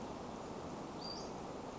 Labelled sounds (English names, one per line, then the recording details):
Western Flycatcher
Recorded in Sonoma County, California